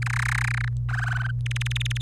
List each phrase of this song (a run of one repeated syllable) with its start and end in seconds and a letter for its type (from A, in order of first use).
0.02-0.68 A, 0.89-1.31 B, 1.46-2.02 C